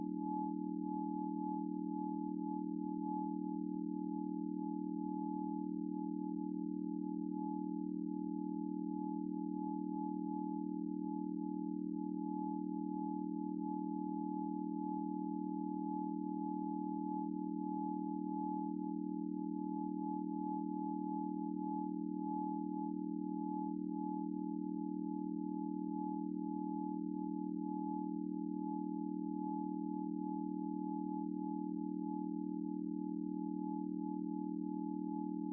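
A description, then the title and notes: Isochronic and binaural tones: a steady low hum with a thin, bright tone above it, unchanging and evenly pulsing throughout. I've created my own meditation with Isochronic Tones and Binaural Harmonics of delta and theta waves and Solfeggio Tones of 285 hz and 528 hz.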